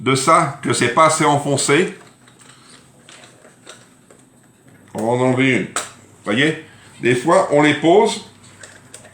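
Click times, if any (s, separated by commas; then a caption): 8.9 s. A removable accessory part of a kitchen appliance is taken out and refitted after not being pushed in far enough. Someone talks over a quiet hum, with faint handling taps in the pauses. A sharp tick at 8.9 s marks the part clicking into place, seated.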